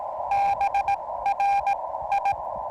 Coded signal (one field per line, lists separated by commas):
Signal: Morse code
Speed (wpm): 15 wpm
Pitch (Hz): 810 Hz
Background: none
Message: BRI